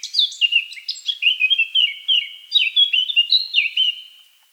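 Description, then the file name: Eurasian blackcap song, a continuous bright warble of quick varied whistled notes that fades out at the close. "Sylvia atricapilla"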